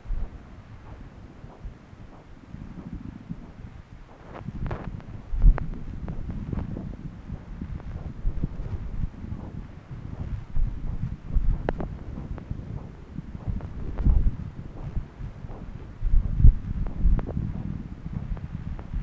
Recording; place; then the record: Doppler ultrasound of blood flow; right subclavian vein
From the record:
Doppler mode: continuous wave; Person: adult scuba diver, at rest before a dive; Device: O'Dive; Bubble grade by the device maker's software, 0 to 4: 0